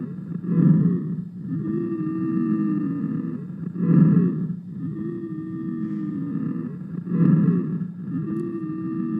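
Simulated breath sounds from a lung sound simulator repeat about 18 times a minute. Each carries several musical tones at different pitches heard together through the breath. These are polyphonic wheezes, pointing to widespread narrowing of many airways.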